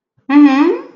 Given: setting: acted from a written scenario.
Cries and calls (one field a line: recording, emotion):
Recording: vocal sound without words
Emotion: adoration